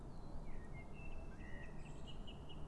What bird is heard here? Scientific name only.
Turdus merula